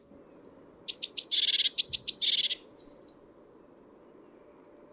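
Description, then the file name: Great tit scolding chatter: a single burst of quick, rasping, buzzy notes, with faint thin chirps around it. "Parus major"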